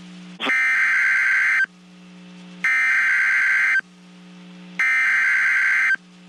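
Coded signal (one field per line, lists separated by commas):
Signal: Emergency Alert System (SAME) tones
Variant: header bursts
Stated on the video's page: Severe thunderstorm watch and warnings relayed by a NOAA weather radio station in Waco, Texas.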